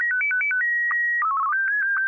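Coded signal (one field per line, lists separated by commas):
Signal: SSTV (slow-scan television)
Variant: Martin 1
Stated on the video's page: SSTV test picture transmitted from an old Standard C5400 VHF multimode base station.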